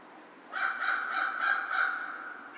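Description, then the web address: American crow giving five rapid, rasping caws that run together in a tight series. Recorded on 2 March 2010. "American Crow 2010 03 02"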